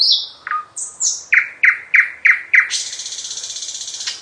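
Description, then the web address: Nightingale song: descending whistles, then a regular series of five loud notes and an extended rapid churring rattle. "Physics is fun. slowik"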